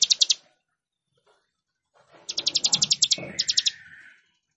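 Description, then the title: Plain prinia sings a short burst of pulsed notes, pauses, then a longer rapid buzzy series, with a faint thin whistle trailing at the end. "Ciblek Sawah"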